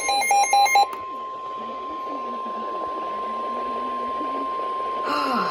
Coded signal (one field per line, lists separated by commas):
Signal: Emergency Alert System (SAME) tones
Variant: 1050 Hz attention tone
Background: speech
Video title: Special Marine Warning (EAS 115)